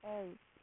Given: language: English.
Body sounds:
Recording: throat vibration sensor signal played as sound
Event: speech

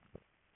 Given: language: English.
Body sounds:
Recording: throat vibration sensor signal played as sound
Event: swallow

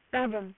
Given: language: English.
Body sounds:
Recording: throat vibration sensor signal played as sound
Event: speech

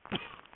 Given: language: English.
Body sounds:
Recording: throat vibration sensor signal played as sound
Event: cough

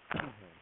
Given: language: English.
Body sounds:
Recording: throat vibration sensor signal played as sound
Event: cough

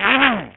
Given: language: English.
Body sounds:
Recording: throat vibration sensor signal played as sound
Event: throat clearing

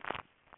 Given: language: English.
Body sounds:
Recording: throat vibration sensor signal played as sound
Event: swallow

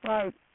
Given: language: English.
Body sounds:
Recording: throat vibration sensor signal played as sound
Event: speech

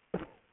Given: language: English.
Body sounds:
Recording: throat vibration sensor signal played as sound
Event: cough

